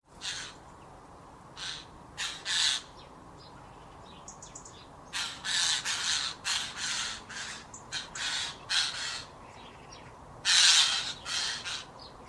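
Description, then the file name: Eurasian jay giving loud harsh rasping screeches, single and in quick pairs or runs, irregularly spaced throughout over a quiet hiss. "Garrulus glandarius"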